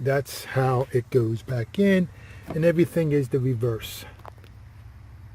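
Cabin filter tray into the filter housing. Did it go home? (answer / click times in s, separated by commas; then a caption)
yes / 4.3 s. A plastic cabin air filter tray on a 2009 Honda CR-V is pushed back into the filter housing behind the glovebox while someone talks. A sharp snap at 4.3 s shows the tray is seated in the housing, followed by a quieter tick and a low steady hum.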